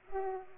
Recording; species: mosquito wingbeat signal from an infrared sensor; Culex pipiens